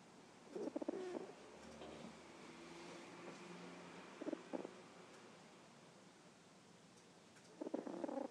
Snoring kitty.